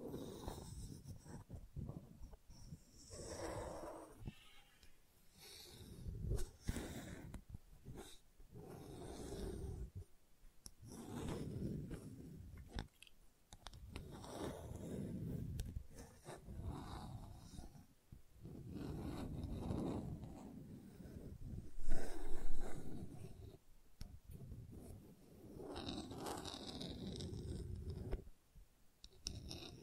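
Gentle scratching comes in soft, uneven strokes that keep starting and stopping, mostly low and muffled with a dry rasp on top. A louder scrape stands out around twenty-two seconds. Between strokes there are snuffly, snort-like sounds, as if from an animal.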